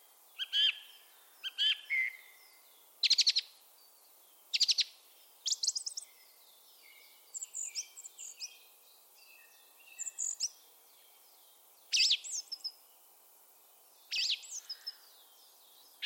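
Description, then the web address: Bird calls: sharp, high chirps and short buzzy notes in clustered bursts every second or two, with faint thin notes between them against a quiet background. "cianscape birddata Deverinetal 2025"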